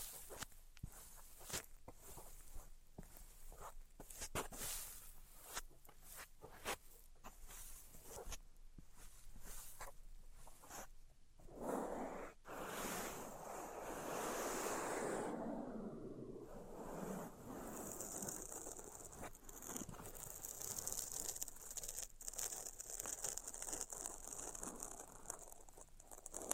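Tapping, scratching and tracing sounds. The first twelve seconds are dense, uneven taps and scrapes. After that comes a smoother, rising and falling rubbing stroke, then from about sixteen seconds a softer, airy scratching with fewer taps and a thin high hiss.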